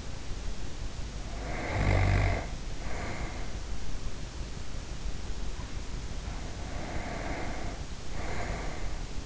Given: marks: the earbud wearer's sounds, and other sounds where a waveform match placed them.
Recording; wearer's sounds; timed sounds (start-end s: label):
sounds in sleep by an in-ear microphone; snoring breath, breath
1.11-3.68 s: snoring breath
5.43-9.26 s: breath